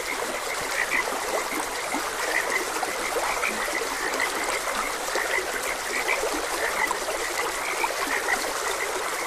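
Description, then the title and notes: Frog croaks, short and high, pop up irregularly above the even, continuous splash and trickle of a flowing stream. Frogs croaking beside a gentle stream. "Gentle Stream and Frogs Croaking - Calming Sounds of Nature. Sleep and Relaxation Podcast"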